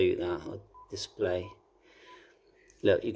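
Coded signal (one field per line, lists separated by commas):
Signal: none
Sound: radio menu button beeps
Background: speech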